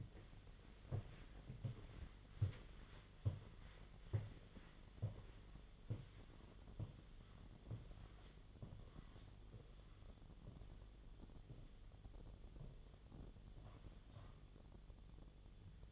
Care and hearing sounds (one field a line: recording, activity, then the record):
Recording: daily activity, microphone in the room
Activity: walk to room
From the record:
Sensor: 4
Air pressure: 1011.0 hPa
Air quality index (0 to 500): 163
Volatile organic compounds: 4 ppm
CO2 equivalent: 1665 ppm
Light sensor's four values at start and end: 41/116/47/48 and 44/123/50/51